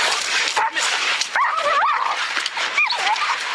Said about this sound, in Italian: Sono dei guaiti che abbiamo raccolto da un video che così mostra un combattimento fra cani.